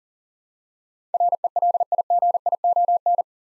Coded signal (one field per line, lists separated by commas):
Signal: Morse code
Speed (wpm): 40 wpm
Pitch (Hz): 700 Hz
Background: none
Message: RELIGION